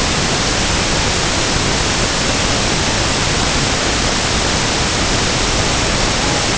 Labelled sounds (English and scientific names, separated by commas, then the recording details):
Tundra Swan (Cygnus columbianus)
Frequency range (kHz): Tundra Swan (Cygnus columbianus) 0.1-1.4 kHz
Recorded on Arctic tundra, site UTQI-5, on 21 June 2018
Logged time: 06:00